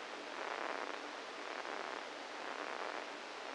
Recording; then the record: brain microelectrode recording played as sound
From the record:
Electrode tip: inside the subthalamic nucleus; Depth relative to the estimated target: 0 mm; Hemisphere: right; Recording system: NeuroSet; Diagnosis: Parkinson's disease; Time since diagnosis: 7 years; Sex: female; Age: 68 years